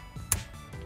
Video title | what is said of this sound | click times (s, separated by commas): How to Install a Delta® Pulldown Widespread Bathroom Faucet | And just like the other ones, push it right into place until it clicks. | 0.3 s